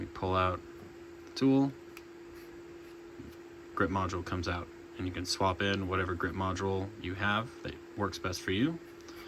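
Someone talks while a removable polymer grip module is handled on a pistol frame, having been pulled out to be swapped. A steady low hum runs underneath, with only faint handling ticks. Nothing has seated or clicked into the frame yet.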